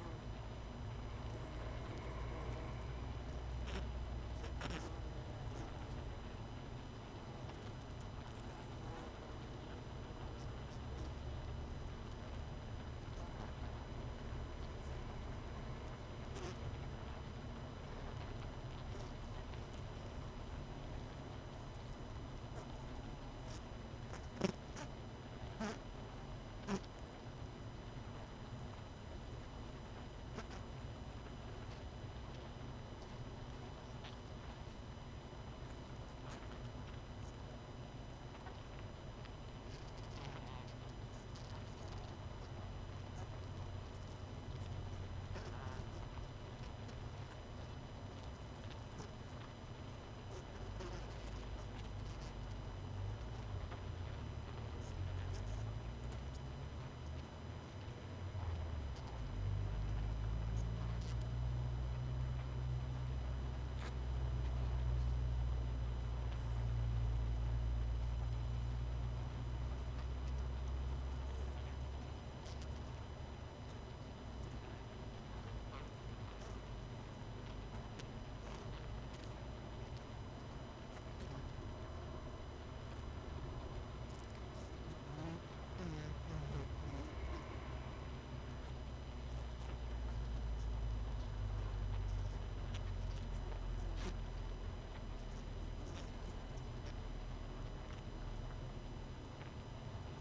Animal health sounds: honeybee colony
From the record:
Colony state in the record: missing queen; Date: 31 May 2018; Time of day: 19:40

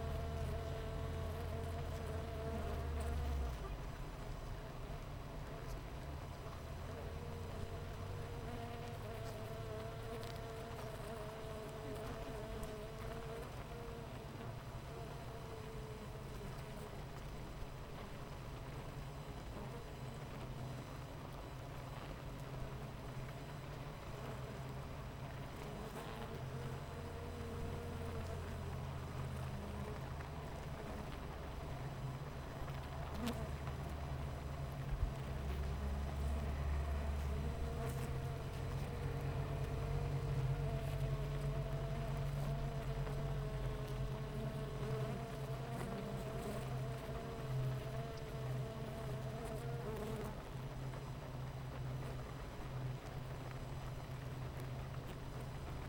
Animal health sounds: honeybee colony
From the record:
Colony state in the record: missing queen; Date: 14 July 2017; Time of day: 8:44

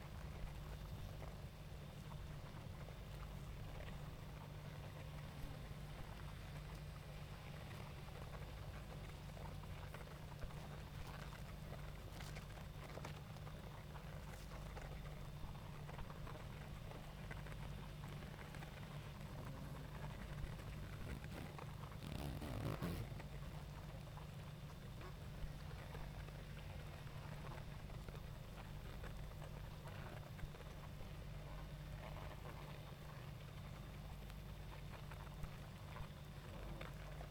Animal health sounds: honeybee colony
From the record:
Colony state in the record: active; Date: 28 July 2017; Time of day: 20:02

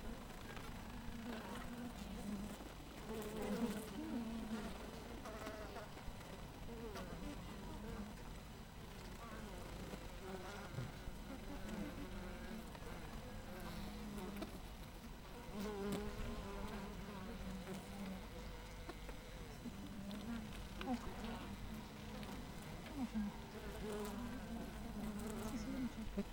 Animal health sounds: honeybee colony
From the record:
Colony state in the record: missing queen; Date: 14 July 2017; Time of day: 7:19

